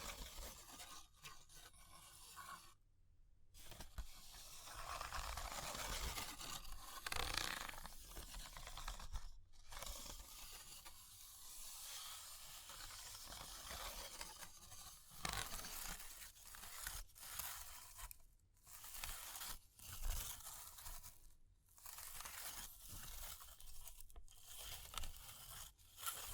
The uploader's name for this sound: Fire Crackling, Tapping, Scratching